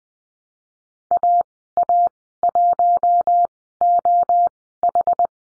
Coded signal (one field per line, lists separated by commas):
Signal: Morse code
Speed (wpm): 20 wpm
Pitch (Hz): 700 Hz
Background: none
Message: AA1OH